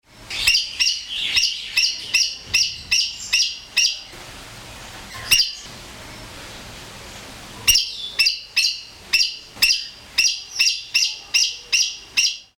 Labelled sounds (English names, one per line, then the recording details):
Black-necked Aracari
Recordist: Tembrock, Günter
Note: Kurzlaute